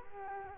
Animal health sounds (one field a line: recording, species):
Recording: mosquito wingbeat signal from an infrared sensor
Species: Culex quinquefasciatus